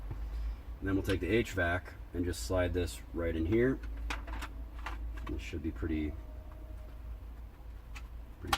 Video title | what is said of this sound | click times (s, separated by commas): BMW E46 1998-2006 - AVIN Avant 3 DIY - Aftermarket Headunit - Part 2 | simple it just pops right in oh yeah | 8.5 s